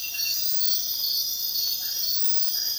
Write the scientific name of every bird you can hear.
none